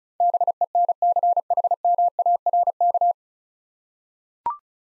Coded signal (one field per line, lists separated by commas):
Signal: Morse code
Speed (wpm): 36 wpm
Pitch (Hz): 700 Hz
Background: none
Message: BENCHMARK